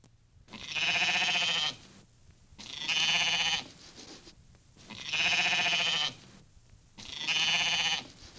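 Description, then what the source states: Sheep bleats, four drawn-out quavering cries spaced roughly two seconds apart, each rich in harmonics, with quiet pauses between. Lambs and sheep together.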